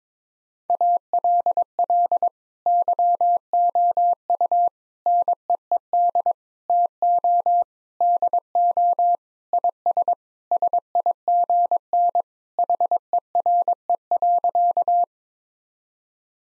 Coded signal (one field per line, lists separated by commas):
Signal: Morse code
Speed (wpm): 22 wpm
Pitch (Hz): 700 Hz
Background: none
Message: ALL YOU NEED TO DO IS SIGN HERE.